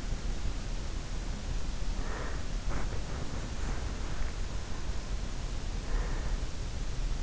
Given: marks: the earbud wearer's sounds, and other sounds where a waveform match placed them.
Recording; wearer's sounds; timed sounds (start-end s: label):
sounds in sleep by an in-ear microphone; body movement, breath
1.50-4.27 s: body movement
5.60-7.04 s: breath